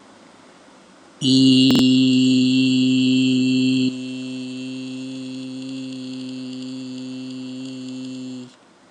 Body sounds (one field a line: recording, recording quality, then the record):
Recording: sustained vowel as in beet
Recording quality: excellent, no background noise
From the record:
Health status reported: healthy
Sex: male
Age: 25 years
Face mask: not worn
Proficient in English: yes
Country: India